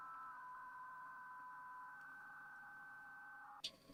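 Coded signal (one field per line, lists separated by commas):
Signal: PSK63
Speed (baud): 62.5 baud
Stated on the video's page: 80 m contest operation, livestreamed.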